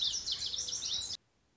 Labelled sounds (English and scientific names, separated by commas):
Lazuli Bunting (Passerina amoena)